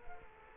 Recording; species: mosquito wingbeat signal from an infrared sensor; Culex quinquefasciatus